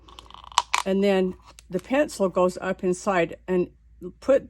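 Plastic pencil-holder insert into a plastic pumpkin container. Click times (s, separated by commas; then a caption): 0.6 s, 0.7 s. A small plastic pencil-holder insert is pressed into a plastic pumpkin container, snapping in place with two loud, sharp clicks at 0.6 s and 0.7 s after a few faint taps. Someone then talks, and the insert is seated.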